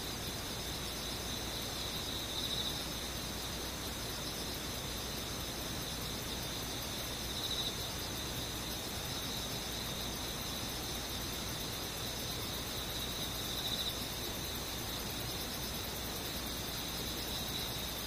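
Insects chirr steadily in a high, thin band, a constant shimmering trill that never lets up. Every few seconds, around 2.5, 7.5 and 13.5 seconds, the buzzing swells slightly louder. A soft, even hiss fills the background throughout.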